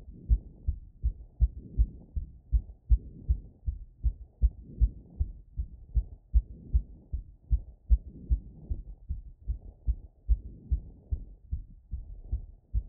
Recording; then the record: heart sounds by stethoscope after running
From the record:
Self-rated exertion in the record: vigorous exertion (4 of 6); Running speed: 10 mph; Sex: female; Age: 28 years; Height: 155 cm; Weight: 44 kg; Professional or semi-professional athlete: no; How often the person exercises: 3 to 5 times a week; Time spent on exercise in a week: over 5 hours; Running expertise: yes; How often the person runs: 3 to 5 times a week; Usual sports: running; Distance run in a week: 45 km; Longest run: 32 km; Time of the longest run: 200 minutes